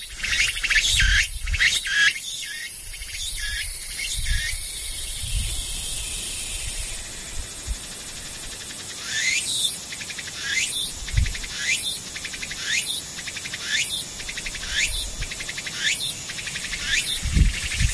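Insects chirp steadily through the clip, a bright, high trill that pulses in regular bursts about once per second in the second half. Early on the calls come faster and overlap, over a constant high hiss, with occasional low thumps.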